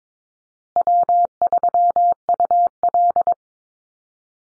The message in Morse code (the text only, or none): W3UL